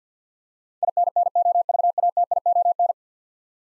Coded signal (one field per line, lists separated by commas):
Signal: Morse code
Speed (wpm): 50 wpm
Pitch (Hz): 700 Hz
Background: none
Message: INNOVATION